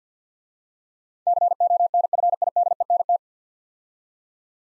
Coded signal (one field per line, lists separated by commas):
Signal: Morse code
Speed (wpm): 49 wpm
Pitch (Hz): 700 Hz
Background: none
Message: CONFIDENT